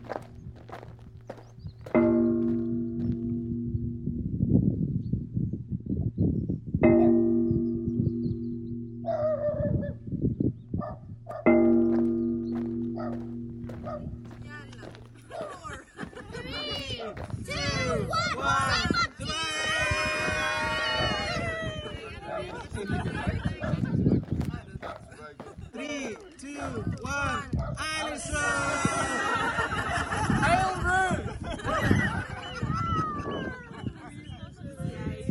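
Recorded in the bay of Camas Tuath on the Isle of Mull: for the first fifteen seconds a steady low hum with layered tones, broken by short bright bursts near 2, 7 and 12 seconds. Then a dense, restless chatter of warbling, honking calls fills the rest.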